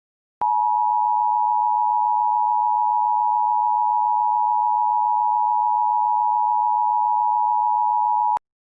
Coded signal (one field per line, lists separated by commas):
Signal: Emergency Alert System (SAME) tones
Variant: 853 and 960 Hz attention tone